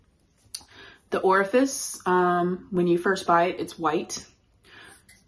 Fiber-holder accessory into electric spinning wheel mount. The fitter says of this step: um but yeah it just pops right into there